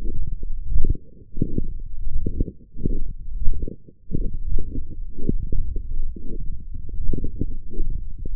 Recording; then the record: forearm muscle sounds (acoustic myography)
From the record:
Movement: forearm supination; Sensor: system 1, eight BSWA MPA416 microphones around the upper forearm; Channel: 5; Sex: male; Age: 21 years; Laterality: right